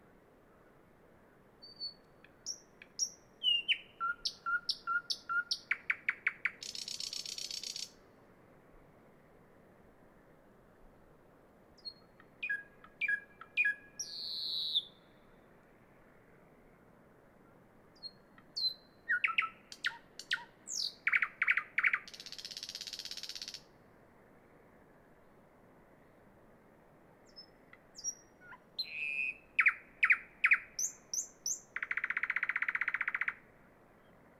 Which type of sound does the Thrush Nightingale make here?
song